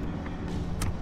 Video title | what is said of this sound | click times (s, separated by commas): Keep your system cooler with a Lanmodo car sun shade | locks in place | 0.8 s